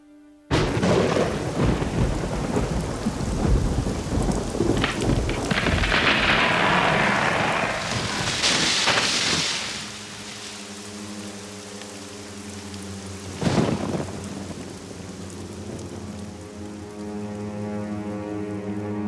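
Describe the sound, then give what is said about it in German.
A loud thunderstorm at 7:30 with strong wind: a sharp crack as lightning strikes a chestnut tree and heavy rumbling thunder over steady rain, then a second sudden crack before the rain and low rumble settle into a softer, continuous roar. “Bevor um 7:30 dann der Blitz einschlägt in die Kastanie und der wahnsinnige Wind tut ein Übriges, reißt diesen Mordsast ab.”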